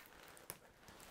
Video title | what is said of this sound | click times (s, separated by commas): Comment Réaliser un Auto Portrait avec le Canon R5 et le RF 28-70mm F2 | petit clic ici | 0.5 s